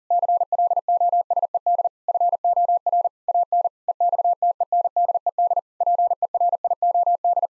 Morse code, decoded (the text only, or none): CLOSED FOR AN EXTENDED PERIOD